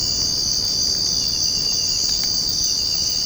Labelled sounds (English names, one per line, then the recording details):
none
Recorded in secondary vegetation near Puerto Asís, Putumayo, Colombia, on 8 March 2025 at 05:30
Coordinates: 0.481, -76.318
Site G097